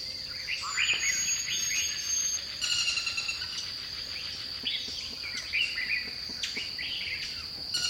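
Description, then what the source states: Bird song: repeated chirpy phrases of swooping whistles, with a long thin whistle and brief high trills, under a continuous buzzing insect chorus. Dipterocarp forest.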